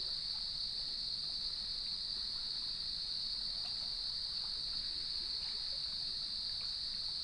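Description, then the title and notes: Crickets trilling together in one constant high-pitched band, unwavering for the whole stretch, with gentle low background noise underneath. Evening chorus at sunset on the beach of Lighthouse West Natural Area, Leelanau Peninsula, recorded by gnarled cedar trees with waves in the background. "Sounds of Leelanau Peninsula: Lighthouse West Natural Area. Nature is my Jam"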